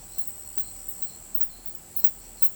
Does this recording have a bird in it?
no